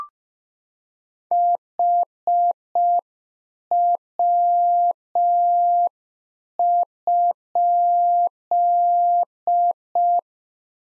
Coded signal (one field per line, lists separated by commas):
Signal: Morse code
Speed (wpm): 5 wpm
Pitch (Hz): 700 Hz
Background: none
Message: HW?